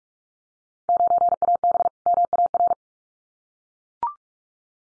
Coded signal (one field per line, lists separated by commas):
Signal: Morse code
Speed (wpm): 44 wpm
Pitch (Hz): 700 Hz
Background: none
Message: 9AB MAR